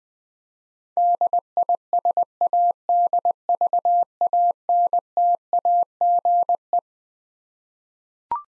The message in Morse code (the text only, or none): DISADVANTAGE